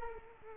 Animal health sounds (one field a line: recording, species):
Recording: mosquito wingbeat signal from an infrared sensor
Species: Culex quinquefasciatus